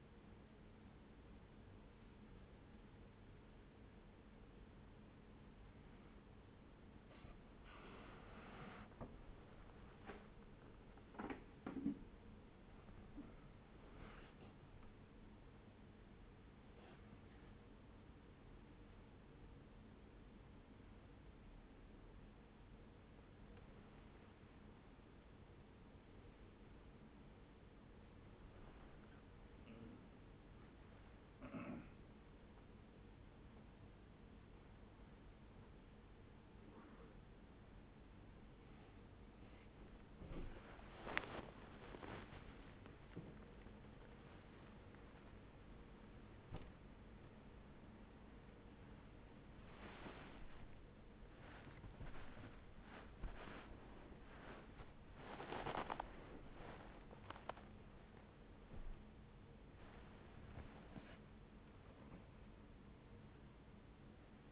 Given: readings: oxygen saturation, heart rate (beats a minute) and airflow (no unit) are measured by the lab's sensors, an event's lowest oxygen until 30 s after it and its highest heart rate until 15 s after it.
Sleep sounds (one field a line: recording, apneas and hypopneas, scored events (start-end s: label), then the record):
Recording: a person awake in a sleep study, by a voice recorder at the bedside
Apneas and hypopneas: none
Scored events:
0.00-64.52 s: awake
From the record:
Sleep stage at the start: awake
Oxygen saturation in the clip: 95 to 97%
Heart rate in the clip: 46 to 99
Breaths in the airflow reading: 13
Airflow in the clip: -10.0 to 11.8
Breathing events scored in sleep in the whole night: 131 in 7.2 hours asleep